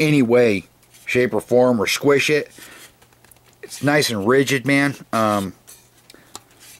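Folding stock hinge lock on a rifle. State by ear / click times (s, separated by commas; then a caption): seated / 6.1 s, 6.3 s. A rifle's folding stock is swung into its closed position, and its metal hinge lock snaps shut with two sharp clicks at 6.1 and 6.35 seconds. Someone talks for most of the clip before the clicks, and the stock locks up tight with no wobble.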